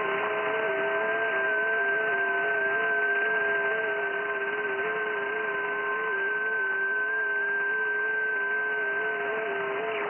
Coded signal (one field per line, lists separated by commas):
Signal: FT8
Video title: FT8 運用動画 28Mhzでアルゼンチン、ベトナム、オーストラリアと交信しました。JH4MTE